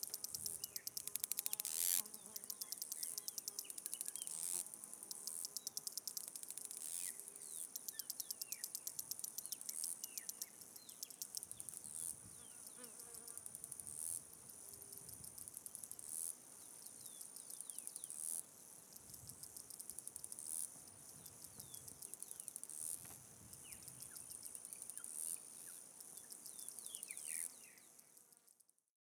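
Insects in a Brazilian park keep up a dense, steady, high-pitched trill that runs for the whole recording without a break. Faint chirps and scattered short calls come and go underneath, with a soft low rumble in the background.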